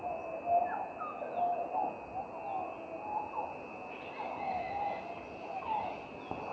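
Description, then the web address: Pin-tailed green pigeon calling in fluty, wavering whistles, some rising and falling, over a continuous insect hum. "Pin tailed Green Pigeon Treron apicauda. pin tailed green pigeon call"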